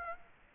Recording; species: mosquito wingbeat signal from an infrared sensor; Aedes aegypti